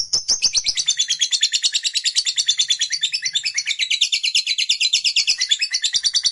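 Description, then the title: Lovebird song, a long, fast, buzzy chatter of rapid high notes without a break. Lovebird that is lazy to sing, prompted to become eager and burst spontaneously into long sustained singing, called narik. "LOVEBIRD Malas Bunyi JADI GREGET SPONTAN Langsung NARIK"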